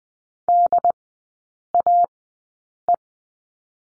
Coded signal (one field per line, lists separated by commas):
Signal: Morse code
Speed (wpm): 20 wpm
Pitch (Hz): 700 Hz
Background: none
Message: DAE